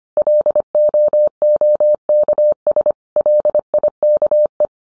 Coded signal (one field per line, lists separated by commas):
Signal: Morse code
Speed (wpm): 25 wpm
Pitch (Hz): 600 Hz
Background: none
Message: LOOKS LIKE